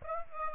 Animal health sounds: mosquito wingbeat signal from an infrared sensor; Aedes aegypti

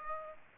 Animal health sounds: mosquito wingbeat signal from an infrared sensor; Aedes aegypti

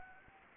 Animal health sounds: mosquito wingbeat signal from an infrared sensor; Anopheles gambiae

